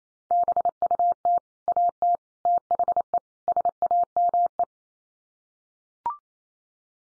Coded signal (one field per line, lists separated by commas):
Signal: Morse code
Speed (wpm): 28 wpm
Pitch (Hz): 700 Hz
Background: none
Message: BUT AT THE SAME